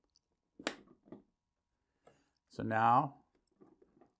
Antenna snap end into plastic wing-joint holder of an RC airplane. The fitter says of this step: so it's just gonna be a matter of shoving them in letting them snap into place so